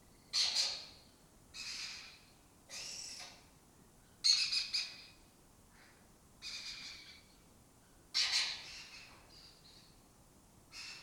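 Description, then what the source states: Lesser kestrel rasping calls in short separate bursts at fairly even intervals, some louder and harsher than others. Breeding colony in an abandoned building in Doñana, southern Europe; migratory raptor that spends its foraging time in West Africa.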